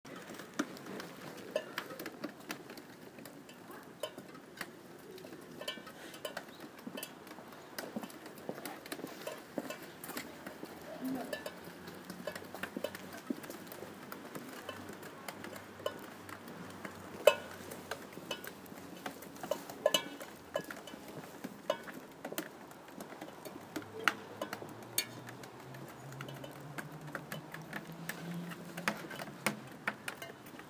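Raindrops fall in a steady, dense patter, with many small sharp ticks scattered evenly through the whole half minute and a few louder drips standing out. Underneath sits a low street hum, and a faint rising drone, like a passing vehicle, appears near the end.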